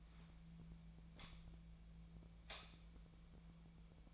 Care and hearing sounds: daily activity, microphone in the room; light on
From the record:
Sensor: 1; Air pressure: 1009.8 hPa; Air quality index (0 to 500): 188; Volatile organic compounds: 17 ppm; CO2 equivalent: 2586 ppm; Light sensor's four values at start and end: 35/90/37/45 and 46/133/54/62

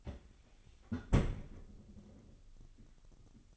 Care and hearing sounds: daily activity, microphone in the room; close fridge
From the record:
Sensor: 4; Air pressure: 989.1 hPa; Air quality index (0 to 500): 224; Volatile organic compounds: 83 ppm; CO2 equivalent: 3632 ppm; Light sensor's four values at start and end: 27/93/34/36 and 27/94/34/37

